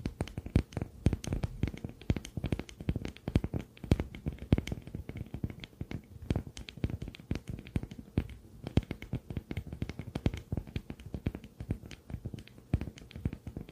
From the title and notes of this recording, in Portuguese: SEM FALAS - NO TALKING. ASMR sem falas com sons de tapping, scratching, sons de boca, pincel na tela e muito mais.